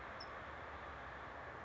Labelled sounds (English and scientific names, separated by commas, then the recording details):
California Towhee (Melozone crissalis)
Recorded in Sonoma County, California